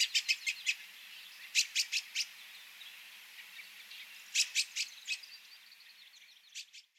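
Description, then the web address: Dusky thrush calling in short bursts of four or five sharp, chattering clicks, the bursts spaced a couple of seconds apart. At Atsumi, Toyota, on 29 March 2020. "koe tsugumi 200329 toyota atsumi"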